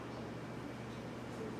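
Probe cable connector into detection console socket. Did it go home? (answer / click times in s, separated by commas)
no / none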